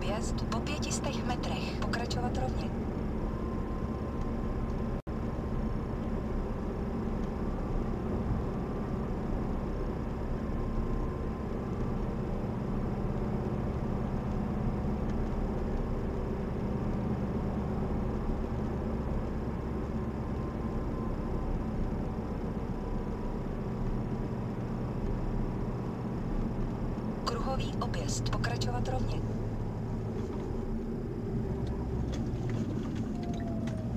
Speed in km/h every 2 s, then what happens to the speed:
56, 55, 55, 56, 56, 55, 56, 57, 57, 56, 54, 52, 52, 51, 45, 39, 29.
0-17 steady at about 56. 17-34 slows to 29.